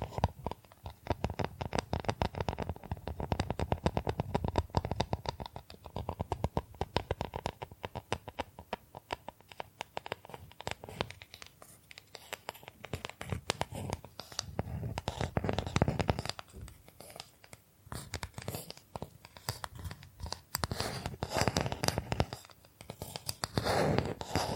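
Bamboo being tapped, scratched and brushed in dense, rapid strokes, a steady rough scraping texture with brighter bursts throughout the stretch.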